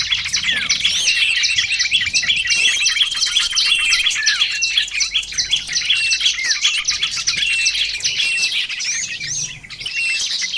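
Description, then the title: Lovebirds calling in a busy, unbroken chatter of high, clipped chirps, with overlapping shrill squeaks throughout. Lovebird calls used as a lure for trapping birds. "PIKAT BURUNG LOVEBIRD"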